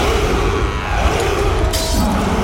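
Loud, dense crashing runs steadily through the whole stretch, with a bright, brittle burst of breaking glass and scattering shards rising partway through. No voices are heard.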